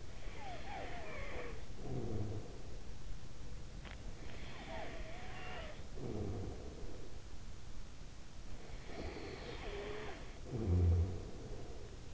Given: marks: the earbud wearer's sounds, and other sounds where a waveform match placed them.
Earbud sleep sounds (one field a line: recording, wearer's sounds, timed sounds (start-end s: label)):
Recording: sounds in sleep by an in-ear microphone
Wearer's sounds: snoring breath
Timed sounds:
0.00-2.99 s: snoring breath
4.62-7.31 s: snoring breath
8.74-12.14 s: snoring breath